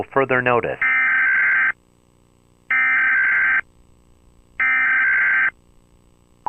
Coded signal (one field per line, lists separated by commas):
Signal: Emergency Alert System (SAME) tones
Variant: header bursts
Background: speech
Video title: EAS alarm with youtuber intro for @AAAshley86ThuNderBirD